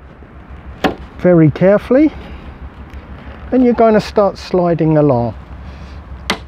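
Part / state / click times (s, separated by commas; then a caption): plastic trim clip on the rear tailgate glass trim / released / 6.3 s. A plastic trim tool is worked under the edge of the rear tailgate glass trim on a Mitsubishi 3000GT / GTO and slid along while someone talks. A plastic trim clip releases with a sharp click at 6.3 s, freeing the trim.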